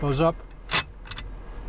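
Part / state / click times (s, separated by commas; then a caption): steering wheel lock on a car steering wheel / seated / 1.1 s, 1.2 s. An anti-theft steering wheel lock is placed on a car steering wheel and its arm is pushed up while someone talks briefly. A short broadband rasp at about 0.75 s is followed by two sharp clicks at 1.1 s and 1.2 s as the lock clicks into place. Once it is seated, the steering wheel cannot be fully turned.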